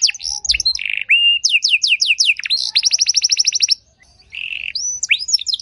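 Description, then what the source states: Canary singing rapid chains of falling notes and a fast even trill, a brief silence, then warbled rolls and rising whistles. Belgian canary song with elaborate phrases, played to warm up and stimulate other canaries so they answer with long continuous song.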